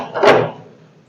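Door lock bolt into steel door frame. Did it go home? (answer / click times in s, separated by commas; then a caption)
yes / 0.2 s. A steel door's mortise lock is locked from inside using the handle, driving the bolt into the steel door frame. A single mechanical clunk is heard at 0.2 s and then fades out, and the door is locked.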